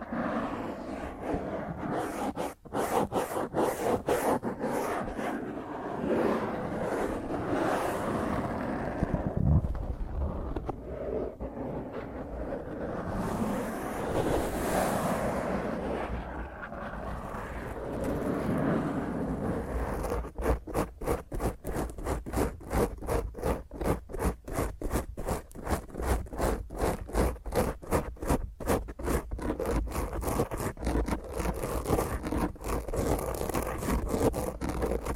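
Rough fingernails scratch and rub across a mic, a dense rasping noise that turns into fast, regular scraping strokes after twenty seconds.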